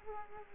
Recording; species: mosquito wingbeat signal from an infrared sensor; Culex quinquefasciatus